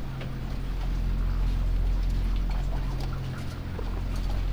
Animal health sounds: poultry house recording; sick chickens (respiratory disease)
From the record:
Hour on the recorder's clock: 1

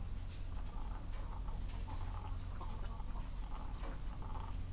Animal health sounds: poultry house recording; sick chickens (respiratory disease)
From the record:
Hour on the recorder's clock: 15

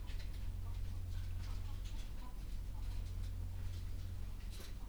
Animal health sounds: poultry house recording; sick chickens (respiratory disease)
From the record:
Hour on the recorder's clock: 11

